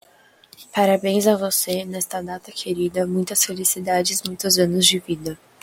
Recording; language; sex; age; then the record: short text; Brazilian Portuguese; female; 20 to 29 years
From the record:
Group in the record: control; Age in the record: 20 years